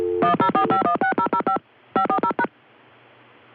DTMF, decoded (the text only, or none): 104516005 540#